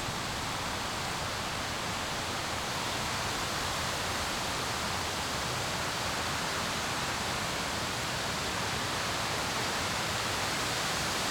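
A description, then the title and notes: A waterfall roars in a steady, dense rush from start to finish, bright hiss over a full low rumble, close and unchanging. The Bottom of the Waterfalls.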